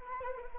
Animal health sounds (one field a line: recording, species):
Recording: mosquito wingbeat signal from an infrared sensor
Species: Anopheles arabiensis